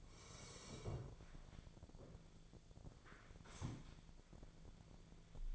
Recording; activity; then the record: daily activity, microphone in the room; sit down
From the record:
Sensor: 5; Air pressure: 1000.5 hPa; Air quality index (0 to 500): 148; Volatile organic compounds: 2 ppm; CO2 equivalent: 1148 ppm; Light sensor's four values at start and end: 52/121/51/54 and 52/121/51/55